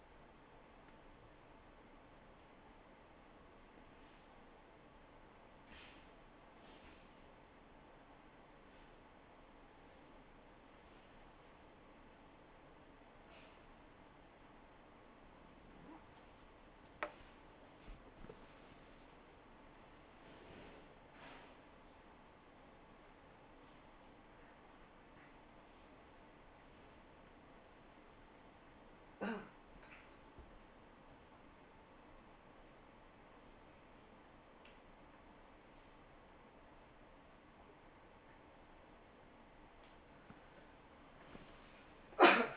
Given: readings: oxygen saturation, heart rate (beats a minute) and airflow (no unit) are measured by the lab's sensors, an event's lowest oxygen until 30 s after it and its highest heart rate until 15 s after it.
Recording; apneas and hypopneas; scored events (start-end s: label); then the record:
a person awake in a sleep study, by a voice recorder at the bedside; none
0.00-42.57 s: awake
From the record:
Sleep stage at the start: awake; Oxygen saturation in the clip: 96 to 97%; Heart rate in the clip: 66 to 78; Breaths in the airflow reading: 8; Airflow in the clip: -9.4 to 8.3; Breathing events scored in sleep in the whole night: 79 in 6.3 hours asleep